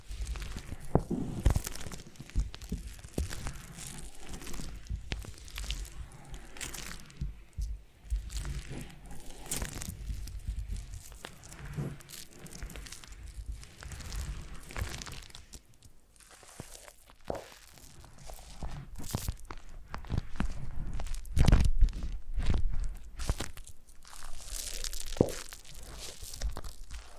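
Foam being massaged gives constant irregular crunching and crinkling squeaks, dense throughout, briefly quieter near sixteen seconds, then louder bursts around twenty-two seconds.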